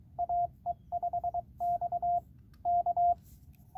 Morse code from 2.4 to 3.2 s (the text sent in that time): K